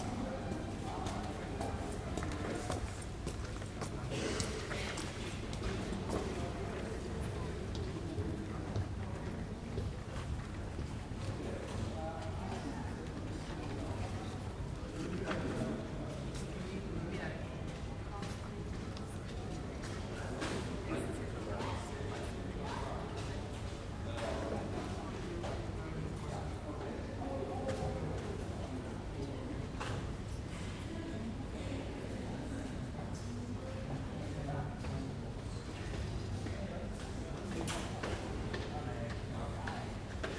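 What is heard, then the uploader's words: Museum ambience with indistinct voices murmuring throughout, a steady dense crowd babble with no single speaker standing out. A low hum runs underneath, and scattered footsteps and small knocks surface every few seconds, around 5, 15 and 30 seconds. Museum Ambience With Indistinct Voices.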